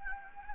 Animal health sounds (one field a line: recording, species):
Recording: mosquito wingbeat signal from an infrared sensor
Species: Anopheles gambiae